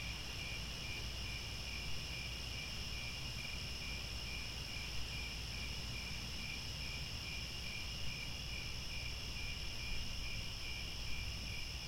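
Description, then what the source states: Crickets producing an unbroken high chorus of rapid pulsed chirps above a persistent low rumble. Chorus of crickets at twilight as the sun descends, with stars overhead.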